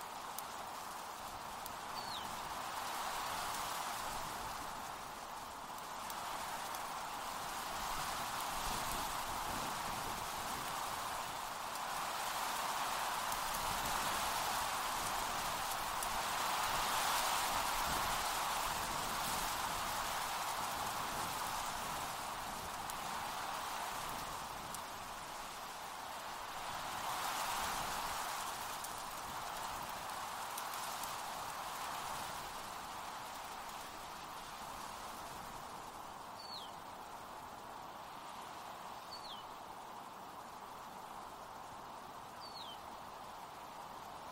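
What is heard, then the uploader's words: Wind blows through trees and leaves as a steady rustling hiss, swelling in gusts around the middle and again near the half-minute mark before easing off. A few brief, high chirps stand out near the start and several times toward the end. Wind sounds, singing birds and other relaxing nature sounds.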